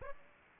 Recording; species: mosquito wingbeat signal from an infrared sensor; Aedes aegypti